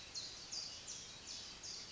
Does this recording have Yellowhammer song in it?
no